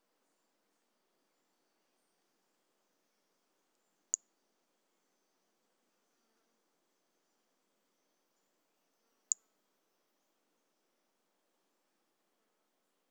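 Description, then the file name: Toadlet calling with single very high, sharp, clicky notes, two about five seconds apart, against near silence. Recorded on 18 January 2018; specimen collected. "Brachycephalus mirissimus 18 jan 2018. A E Confetti"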